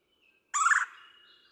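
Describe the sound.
Red-bellied woodpecker giving a single harsh, rolling churr, loud and brief, with faint thin whistled notes around it.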